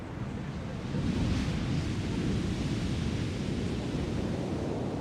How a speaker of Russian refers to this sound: Они долгое время смотрят друг на друга под шум волн.